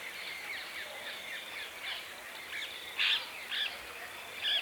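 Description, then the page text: Grey francolin calls, repeated harsh high notes rising in loudness toward the end, over a steady hiss of background noise. "Grey Francolin Calls. Quick Sounds"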